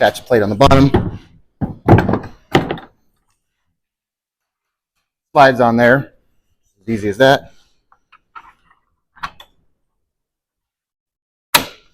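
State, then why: Seated. Someone talks while a trolling motor is slid onto its quick release mounting bracket on the bow mount plate of a kayak, with a few faint taps around 8 to 9.4 s. A sharp, loud hit at 11.6 s marks the bracket latching, and the motor is locked into place.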